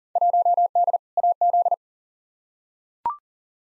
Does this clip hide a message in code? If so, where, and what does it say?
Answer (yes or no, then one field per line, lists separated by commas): yes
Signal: Morse code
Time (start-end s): 0.2-1.7 s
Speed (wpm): 40 wpm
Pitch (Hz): 700 Hz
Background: none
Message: 1D AZ